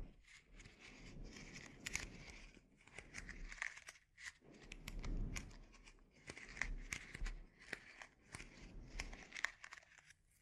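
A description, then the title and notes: A scalp treatment: irregular crinkling and rustling with sharp little clicks and crackles, dense and busy throughout. Brief pauses of near silence break it up around two, four and six seconds. A low rumbling swell sits underneath, strongest near five seconds. ASMR Sleep Inducing Scalp Treatment (No Talking).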